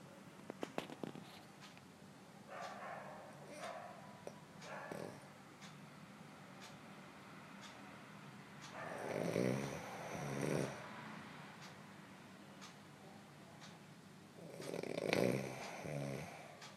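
Rough, rattling snores on inhaled breaths, several seconds apart and uneven in strength, in someone asleep.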